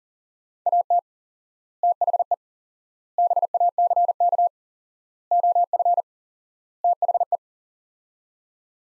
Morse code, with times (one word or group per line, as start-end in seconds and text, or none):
0.7-1.0 AT
1.8-2.3 THE
3.2-4.5 BACK
5.3-6.0 OF
6.8-7.4 THE